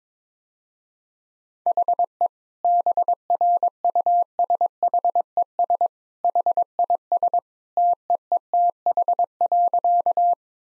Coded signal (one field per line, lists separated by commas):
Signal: Morse code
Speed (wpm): 21 wpm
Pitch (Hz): 700 Hz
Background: none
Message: HE BRUSHES HIS TEETH.